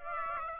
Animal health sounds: mosquito wingbeat signal from an infrared sensor; Aedes aegypti

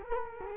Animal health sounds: mosquito wingbeat signal from an infrared sensor; Culex quinquefasciatus

